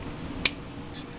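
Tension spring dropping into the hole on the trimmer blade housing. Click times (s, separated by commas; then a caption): 0.5 s. On a hair trimmer with its new blade fitted, a screw is twisted until the tension spring drops into its hole on the blade housing with a sharp snap at 0.5 s, followed by a faint tick near 1.0 s. The spring has seated, showing the tension spring pressure is correct.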